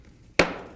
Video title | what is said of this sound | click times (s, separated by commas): All Foliage Casket Spray! | we want to make sure that we hear that pop | 0.4 s